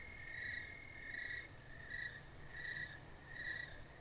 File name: crickets country field night with nearby raspy cicada